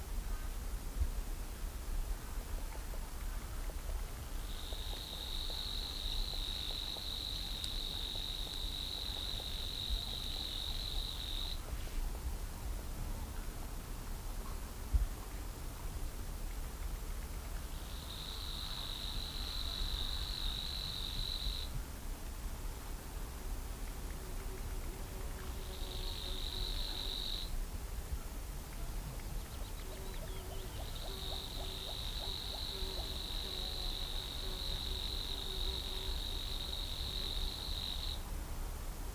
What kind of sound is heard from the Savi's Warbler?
song